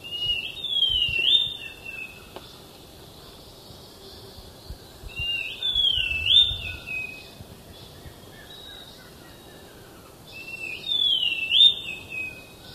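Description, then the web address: Thrush-like schiffornis repeating a whistled, up-and-down slurred phrase three times, roughly every five seconds, with quiet ambient hiss between. Ecuador. "Birds of Ecuador. Thrush-like Schiffornis"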